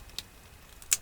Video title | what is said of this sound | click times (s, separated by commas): Sony Hi8 camcorder CCD TR705E service and full repair: all leaked capacitors replaced | this just clicks in place | 0.9 s